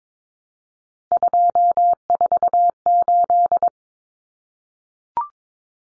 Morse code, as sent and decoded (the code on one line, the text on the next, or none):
..--- ....- ---..
248